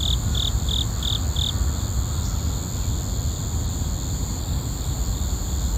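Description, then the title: Insect chirps: five evenly spaced high pulses in the first second and a half, then only a constant shrill insect drone above heavy low background rumble. Recorded during a morning walk in a park. "公園の朝散歩より. 虫の音"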